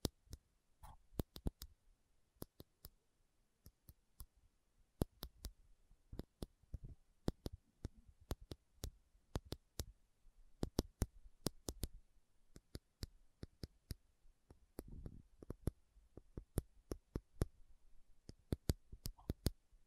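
Slow tapping on metal, a series of sharp, bright clicks spread unevenly across the whole stretch, sometimes single, sometimes in quick pairs or small clusters. Between taps there is near silence with a faint low hum, and a soft dull thud near fifteen seconds.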